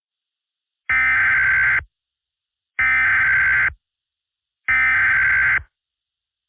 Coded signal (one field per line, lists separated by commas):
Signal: Emergency Alert System (SAME) tones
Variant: header bursts